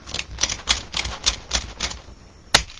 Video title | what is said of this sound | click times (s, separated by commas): Winter Oval Bell Grapevine Wreath | I give a little click. Couple clicks that tightens it up and then the snap it to cut it. | 0.2 s, 0.4 s, 0.7 s, 1.3 s, 1.5 s, 2.5 s